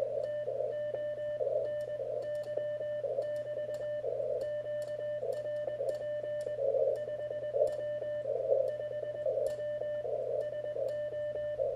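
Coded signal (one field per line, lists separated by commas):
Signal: Morse code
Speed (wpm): 21 wpm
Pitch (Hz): 1800 Hz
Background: radio noise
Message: TONY<BT> QRP 5W 5W SO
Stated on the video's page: First QSO with the Elecraft K1, a QRP rig.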